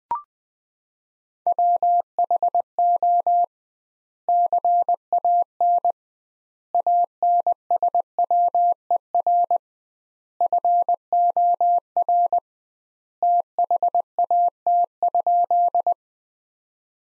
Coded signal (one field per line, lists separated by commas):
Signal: Morse code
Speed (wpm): 19 wpm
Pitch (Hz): 700 Hz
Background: none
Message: WHO CAN ANSWER FOR THAT?